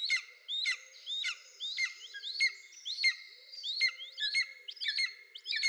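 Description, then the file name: Golden eagle calling in a steady run of loud, ringing, downslurred yelps, about two per second throughout, with faint low cooing underneath. "Golden Eagle - Aquila chrysaetos"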